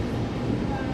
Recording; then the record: coughing mixed with background sound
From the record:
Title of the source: 1125 Coughing SOUND Effect